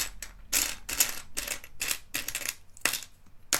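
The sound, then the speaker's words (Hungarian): Plastic Lego bricks clatter and click together while an R2-D2 model is being built, in a series of irregular, crisp bursts, with short pauses between the rattling handfuls and no voices. “Egyébként ebből az Artuditu-ból, amit most építek, nem is olyan régen a Lego kiadott egy frissített változatot, ami méretre szerintem nagyjából pontosan ugyanakkora, mint amit én építek”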